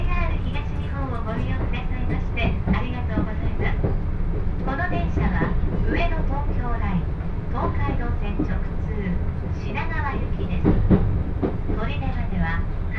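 Voices talk steadily aboard a Joban Line local train running from Ishioka through Tsuchiura to Toride. A heavy, constant low rumble of the moving train fills the whole clip at an even loudness, with overlapping chatter on top throughout.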